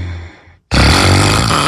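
An adult's snoring, from the winner of the Queen City loudest snorer contest for 2025: a faint breath tail, a brief pause, then a sudden very loud, rough, low rumbling snore, so loud you can't sleep next to it.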